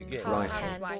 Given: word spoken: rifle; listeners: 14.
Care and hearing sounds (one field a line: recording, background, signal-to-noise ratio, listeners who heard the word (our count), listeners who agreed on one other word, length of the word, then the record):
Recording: one English word in noise, from a listening test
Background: four-talker babble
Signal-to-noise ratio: 0.7 dB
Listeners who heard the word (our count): 0 of 14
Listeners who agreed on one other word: 9 of 14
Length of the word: 0.60 s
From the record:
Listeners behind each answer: 9, 2, 1, 1, 1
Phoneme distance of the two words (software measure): 24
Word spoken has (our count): 2 syllables, 5 phonemes, stress on syllable 1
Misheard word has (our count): 1 syllable, 3 phonemes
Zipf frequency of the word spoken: 3.62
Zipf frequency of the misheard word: 6.36